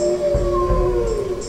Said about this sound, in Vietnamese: Chương 7: Nghìn sói cùng tru.